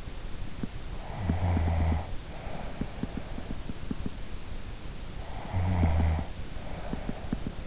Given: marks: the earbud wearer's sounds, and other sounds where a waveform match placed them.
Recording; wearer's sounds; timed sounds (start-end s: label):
sounds in sleep by an in-ear microphone; snoring breath
1.07-3.68 s: snoring breath
5.36-7.67 s: snoring breath